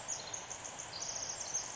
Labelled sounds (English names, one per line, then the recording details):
Pacific Wren
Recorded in Sonoma County, California